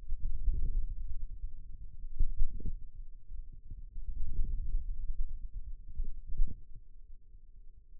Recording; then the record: forearm muscle sounds (acoustic myography)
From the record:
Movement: wrist flexion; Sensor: system 2, bracelet of six BSWA MPA416 microphones around the upper forearm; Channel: 4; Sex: male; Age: 22 years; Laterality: right